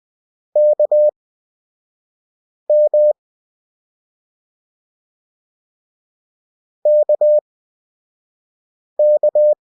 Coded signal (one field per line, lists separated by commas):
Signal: Morse code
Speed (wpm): 20 wpm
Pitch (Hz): 600 Hz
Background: none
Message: KM KK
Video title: Lesson 2. CW Practice 5WPM at 20WPM Character Speed. Morse Code for Beginners